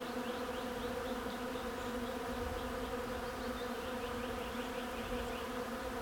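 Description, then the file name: Honey bees buzzing in a steady, dense droning hum with layered tones, continuous throughout, with faint high chirping in the background. "abeilles"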